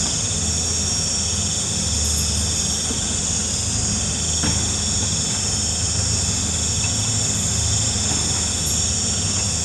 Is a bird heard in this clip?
no